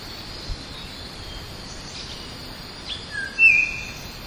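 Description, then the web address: Bornean oriole call, a brief whistled phrase of a low then a higher note near the end, over steady background noise. Recorded 15 October 2010. "CHIENLEE PAYAMAGA. sound bornean oriole"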